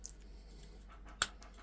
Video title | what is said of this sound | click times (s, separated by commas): 3D Printed, Metal-Reinforced — The Manifolds Riders Keep Buying | Pop it into its little recess with a little satisfying snap noise when they go in. | 1.2 s